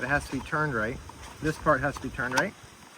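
Someone talks while a spool cover is turned to the right position and slid onto a Ryobi string trimmer head. Nothing has seated or clicked yet; the cover has not locked in place.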